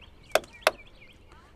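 A recessed plastic push-pin retainer for the engine bay cover of a 2020 Toyota Corolla Hatchback is gently pushed back during a PIAA Superior Bass Horn install so its center pin resets. Two sharp plastic clicks sound at 0.4 s and 0.7 s over quiet background noise. The pin resets with those two clicks.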